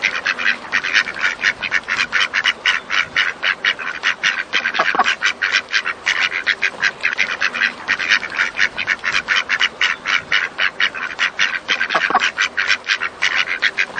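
Duck quacking in a rapid, continuous chattering series, the quacks coming several per second at steady loudness throughout.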